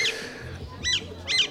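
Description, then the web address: Alexandrine parakeet giving harsh, squawking calls, three short rasping bursts over a low background rumble. "vogel-der-woche media Grosser Alexandersittich"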